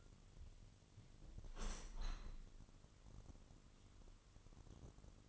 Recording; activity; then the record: daily activity, microphone in the room; open window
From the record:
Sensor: 4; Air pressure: 998.8 hPa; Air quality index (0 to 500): 114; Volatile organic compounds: 2 ppm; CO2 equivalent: 1122 ppm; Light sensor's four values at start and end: 10/24/9/10 and 10/24/9/10